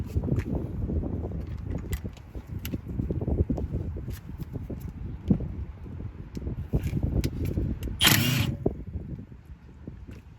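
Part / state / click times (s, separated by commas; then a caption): brake rotor retaining screw in wheel hub / stripped / none. A manual impact driver is hammered against a stuck steel brake rotor retaining screw in a car wheel hub, giving a series of sharp metallic hits at about 0.4, 1.9, 2.7, 3.6, 7.2 and 8.7 seconds over low background rumble. The screw head strips under the impacts, though it is unclear which hit causes the slip, and nothing seats or clicks.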